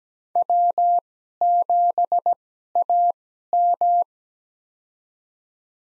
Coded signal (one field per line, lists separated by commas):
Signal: Morse code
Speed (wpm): 17 wpm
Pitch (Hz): 700 Hz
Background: none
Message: W7AM